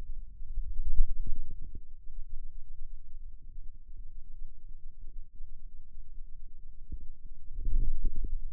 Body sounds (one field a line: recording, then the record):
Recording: forearm muscle sounds (acoustic myography)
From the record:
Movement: radial deviation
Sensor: system 2, bracelet of six BSWA MPA416 microphones around the upper forearm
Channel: 1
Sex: male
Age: 22 years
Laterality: right